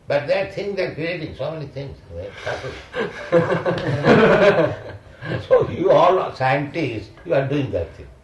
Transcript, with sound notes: But they are thinking they are creating so many things. "We are [indistinct] [laughter] So you all scientists, you are doing that thing.